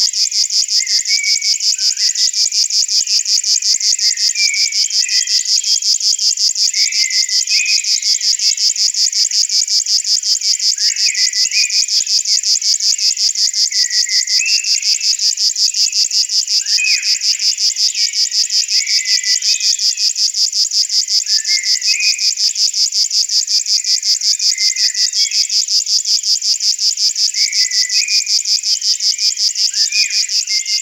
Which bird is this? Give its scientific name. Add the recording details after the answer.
Locustella fluviatilis. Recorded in the wild. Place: Selenter See, Schleswig-Holstein, DE. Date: 1986-05-17. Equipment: Uher Report Monitor. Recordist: Schwarz, Dieter. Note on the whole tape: Song